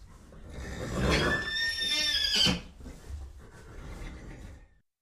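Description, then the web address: Horse whinnying: a loud, high, quavering neigh that swells and shakes for about a second and a half, then fades into quieter breathy snorts. "horse libsounds"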